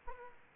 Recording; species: mosquito wingbeat signal from an infrared sensor; Aedes aegypti